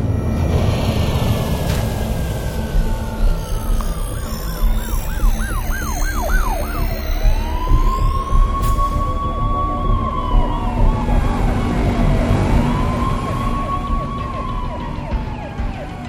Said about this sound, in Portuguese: vocês ouvem ao fundo e até veem nas alturas da cidade carros de polícia convergindo para os acessos da Cidade Alta.